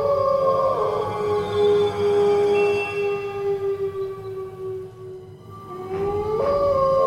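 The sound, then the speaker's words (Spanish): Loud, drawn-out howls from several beasts on a hillside at night under a full moon overlap in long, wavering tones that hold steady, dip and then swoop upward again near the end, with no voices. “Los aullidos de las bestias se multiplicaron, pero tras unos segundos, todo quedó en calma.”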